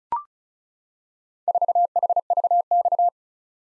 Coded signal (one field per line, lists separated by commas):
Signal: Morse code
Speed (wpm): 36 wpm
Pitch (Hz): 700 Hz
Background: none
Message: 4HVX